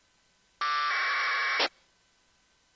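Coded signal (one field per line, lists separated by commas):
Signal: packet radio (AX.25, as in APRS)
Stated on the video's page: Local APRS on 144.390 MHz NFM, received with an RTL-SDR using an 11400 Hz filter bandwidth and squelch 50, used to monitor local radio propagation.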